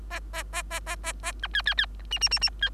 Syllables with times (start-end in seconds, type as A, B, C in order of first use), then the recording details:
0.10-0.20 A, 0.33-0.43 A, 0.53-0.62 A, 0.70-0.80 A, 0.86-0.96 A, 1.03-1.12 A, 1.23-1.32 A, 1.42-1.48 B, 1.53-1.62 C, 1.66-1.74 C, 1.77-1.86 C, 2.11-2.19 D, 2.21-2.29 D, 2.31-2.39 D, 2.41-2.50 D, 2.61-2.70 C. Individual Bird3